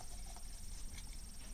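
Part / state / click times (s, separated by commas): plastic color kit cover onto a scuba second-stage regulator body / not seated / none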